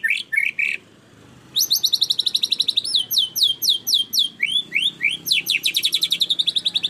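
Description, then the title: Canary song with short buzzy bursts, a brief pause, then fast repeated high chirps, swooping notes and a rapid rolling trill. Long-duration canary song used as a master (tutor) for training songbirds. "Kicauan Kenari Durasi Panjang"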